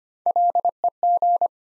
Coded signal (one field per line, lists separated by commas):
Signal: Morse code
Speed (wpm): 25 wpm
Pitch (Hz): 700 Hz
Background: none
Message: LEG